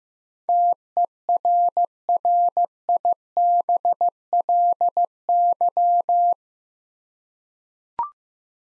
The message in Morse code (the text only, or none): TERRIBLY